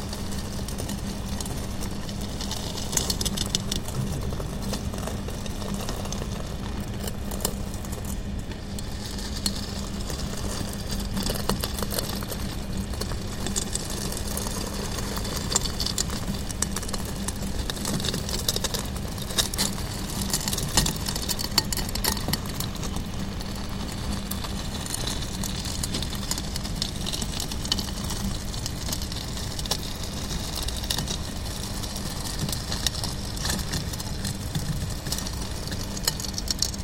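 A rover prototype rolls off a lander mock-up and drives across gravel, its motors humming steadily with a low drone throughout. Crunching, rattling grit fills the upper range, with denser bursts of grinding around 3, 8, 15 and 20 seconds.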